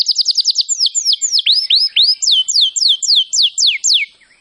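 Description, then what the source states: Canary singing a fast string of sweeping downslurred whistles, starting with a rapid trill then slowing slightly, bright and high-pitched, no background noise. Singing in full form, described as gacor.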